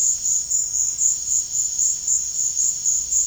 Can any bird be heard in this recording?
no